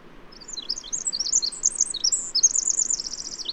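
Bird song, a brief burst of thin, high chirps and slurred whistles that quickens into a rapid trill toward the end.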